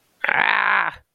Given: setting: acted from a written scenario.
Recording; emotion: vocal sound without words; pain